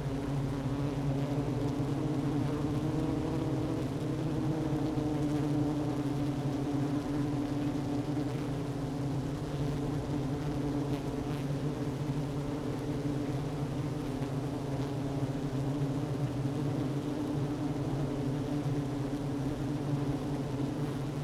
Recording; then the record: honeybee colony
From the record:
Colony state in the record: active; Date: 12 June 2018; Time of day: 11:09